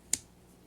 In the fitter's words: put it back on. You'll hear a snap.